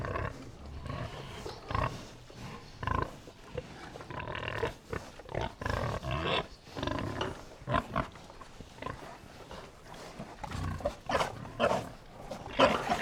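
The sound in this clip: Pigs grunting together, a dense irregular stream of low rough grunts and snorts, some louder bursts standing out from the herd noise.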